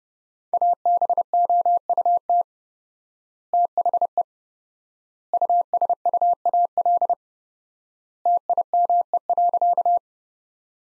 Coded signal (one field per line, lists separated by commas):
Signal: Morse code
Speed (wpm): 30 wpm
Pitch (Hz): 700 Hz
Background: none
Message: ABOUT THE USUAL TIME.